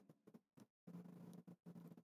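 Quiet, low rumbling bursts in an irregular rhythm: Mercy, a pet dog, snoring softly in a small room.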